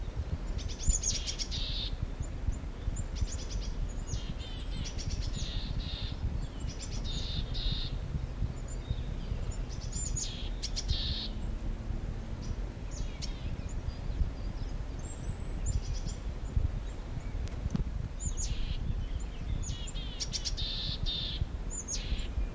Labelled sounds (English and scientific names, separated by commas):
Willow Tit (Poecile montanus)